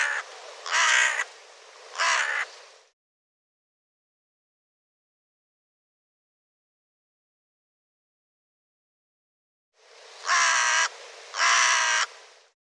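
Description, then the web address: Bird making two rasping caws, a long silent gap, then two more harsh caws. "cianscape birddata Deverinetal 2025"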